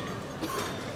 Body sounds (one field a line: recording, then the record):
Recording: coughing mixed with background sound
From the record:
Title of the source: 31 night wet cough